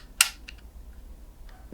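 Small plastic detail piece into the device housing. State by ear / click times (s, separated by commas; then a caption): seated / 0.2 s. A small plastic detail piece is refitted into the housing of a vintage electronic device being turned into a prop, and it snaps into place with a sharp, loud click at 0.2 s. Fainter ticks follow near 0.5 s, 0.6 s and 1.5 s, and the part is seated.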